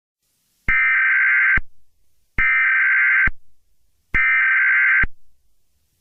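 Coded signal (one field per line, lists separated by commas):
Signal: Emergency Alert System (SAME) tones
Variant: header bursts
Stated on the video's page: Fictional EAS scenario.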